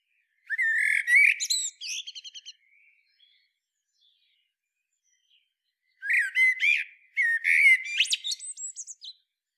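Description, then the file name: Common blackbird song with two phrases, each beginning in low flute-like whistles and trailing into rapid, thin, squeaky notes; a quiet gap between the phrases. "Turdus merula"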